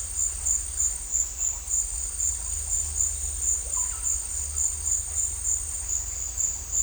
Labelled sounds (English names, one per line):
none